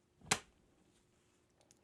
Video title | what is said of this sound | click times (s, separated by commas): How to Use the Mercury 65mm/70mm Panoramic Back | and then you can just close the shell when you close the shell you just pop it closed | 0.3 s